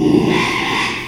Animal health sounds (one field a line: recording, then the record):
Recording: squeal of a Yucatan mini pig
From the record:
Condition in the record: after surgery on the right vocal fold (resection and tissue-engineered implant)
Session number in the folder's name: 1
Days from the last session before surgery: 6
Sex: male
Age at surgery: 12 weeks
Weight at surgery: 13 kg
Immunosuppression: cyclosporine, prednisolone